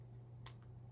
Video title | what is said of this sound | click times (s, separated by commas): Clear Nintendo GBA SP Shell Installation, Finally!!! | Hinge feels correct. It snaps into place at the correct angle. | 0.5 s